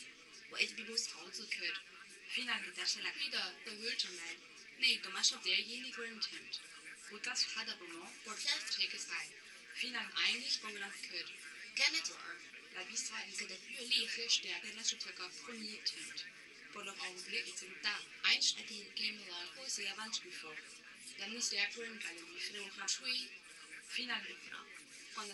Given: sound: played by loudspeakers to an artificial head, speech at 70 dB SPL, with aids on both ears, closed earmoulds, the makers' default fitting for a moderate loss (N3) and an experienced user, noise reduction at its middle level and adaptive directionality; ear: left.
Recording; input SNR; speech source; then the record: speech test signal (ISTS) in cocktail-party noise; +6 dB; on the right (90 degrees)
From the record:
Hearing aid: class 2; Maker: H